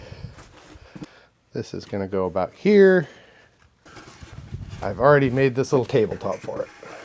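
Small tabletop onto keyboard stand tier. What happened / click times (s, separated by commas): The tabletop is handled but has not snapped into place yet / none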